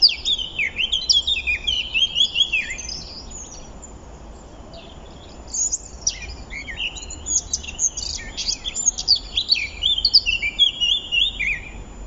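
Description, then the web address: Eurasian blackcap song, a rapid chattering warble of high varied notes, pausing briefly midway before a longer run of twittering phrases resumes. "SETE Sylvia atricapilla"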